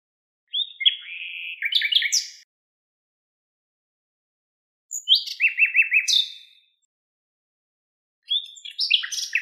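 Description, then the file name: Common nightingale song: three short varied phrases separated by silent pauses, each mixing whistled notes with a fast run of repeated chattering notes; quiet background. "Luscinia megarhynchos"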